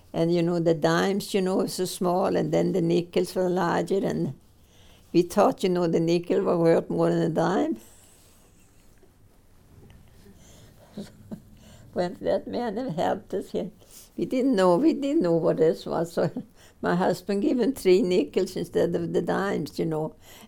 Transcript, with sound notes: And you know, the dimes, you know, are so small and then the nickels were larger, and we thought, you know, the nickels were worth more than a dime. (laughing) When that man had helped us, we didn't know, we didn't know what else was, so my husband gave him three nickels instead of the dimes, you know.